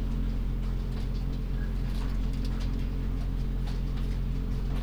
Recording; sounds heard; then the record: poultry house recording; sick chickens (respiratory disease)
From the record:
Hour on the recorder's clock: 0